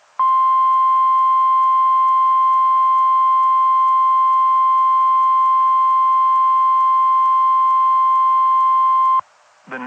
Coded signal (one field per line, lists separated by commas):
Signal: Emergency Alert System (SAME) tones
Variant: 1050 Hz attention tone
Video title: DOUBLE HEADER! FLASH FLOOD WARNING AND SEVERE THUNDERSTORM WARNING! (EAS #29-30)